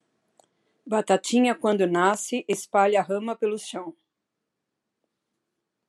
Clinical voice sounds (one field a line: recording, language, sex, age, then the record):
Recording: short text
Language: Brazilian Portuguese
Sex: female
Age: 60 to 69 years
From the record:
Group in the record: control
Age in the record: 60 years